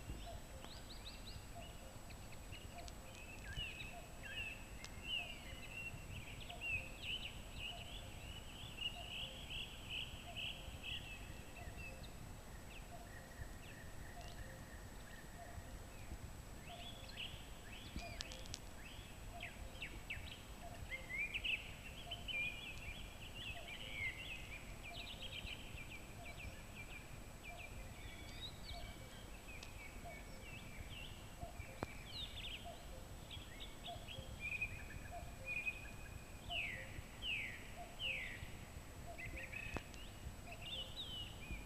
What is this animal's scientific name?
Turdus philomelos